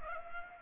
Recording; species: mosquito wingbeat signal from an infrared sensor; Culex pipiens